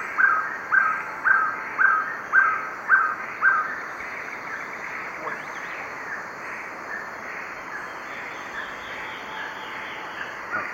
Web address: Natures Songs S America Eastern Lowlands. Amazonian Violaceous Trogon